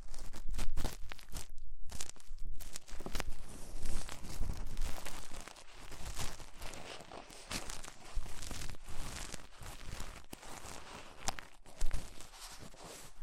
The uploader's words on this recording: ASMR Tingly Ear Cleaning Rhinestone & Clay Removal (No Talking).